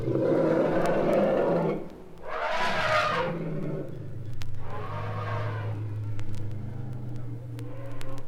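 Sea lion giving deep, throaty roars in three separate bursts over a low hum.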